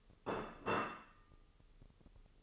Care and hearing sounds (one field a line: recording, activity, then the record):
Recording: daily activity, microphone in the room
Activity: place plate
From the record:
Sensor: 4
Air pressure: 996.0 hPa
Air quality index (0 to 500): 61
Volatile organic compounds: 2 ppm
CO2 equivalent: 1077 ppm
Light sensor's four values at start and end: 13/36/13/13 and 13/36/13/13